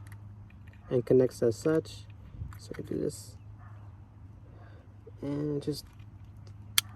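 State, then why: Seated. A remote start harness plug is pushed into the white wiring connector of a 2010–2013 Toyota Corolla while someone talks. At 6.8 s a single sharp, loud click is heard as the plug snaps in and seats.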